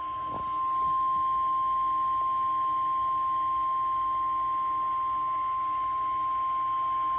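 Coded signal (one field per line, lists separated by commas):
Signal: Emergency Alert System (SAME) tones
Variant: 1050 Hz attention tone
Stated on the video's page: Required monthly tests captured from DC and Maryland TV and FM broadcast relays, plus NOAA Weather Radio required weekly tests.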